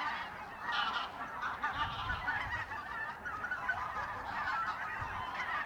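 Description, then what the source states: Goose: geese calling en masse, a constant chorus of honks. Birds in a renaturalised area at Polder Glies, Sellstedt, Germany, 9 November 2020; binaural ORTF pair of t.bone SC 140 microphones with Rycote windjammer, TASCAM DR100 MK3 recorder.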